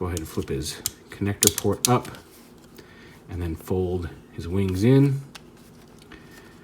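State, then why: Not seated. Someone talks while handling a Transformers Generations Selects Deluxe Kraken action figure, folding its plastic wings inward toward the figure's body so their pegs can clip into their slots. Only faint handling taps are heard, around 2.8 s and 6.0–6.1 s. The clip ends before the wings go home, so nothing has seated or clicked yet.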